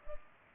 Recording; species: mosquito wingbeat signal from an infrared sensor; Culex pipiens